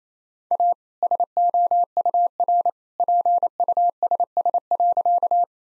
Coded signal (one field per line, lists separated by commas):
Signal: Morse code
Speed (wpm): 27 wpm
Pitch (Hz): 700 Hz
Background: none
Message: A SOUR PUSS.